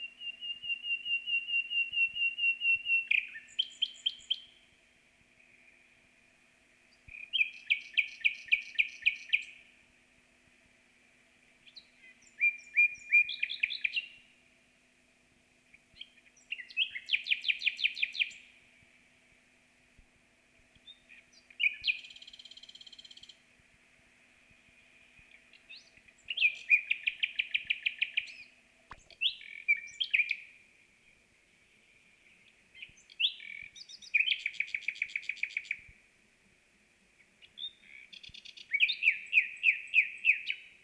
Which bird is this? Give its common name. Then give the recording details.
Common Nightingale. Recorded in the wild. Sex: male. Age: adult. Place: Bielefeld-Heepen, Nordrhein-Westfalen, DE. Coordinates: 52.03, 8.58861. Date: 1965-05-09. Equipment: Uher 4000 Report-S, Bändchenmikro Beyer M 260, Parabolspiegel Polyester (470 mm). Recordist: Conrads, Klaus. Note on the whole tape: Meyer zu Heepen. Gesang